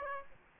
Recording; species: mosquito wingbeat signal from an infrared sensor; Aedes aegypti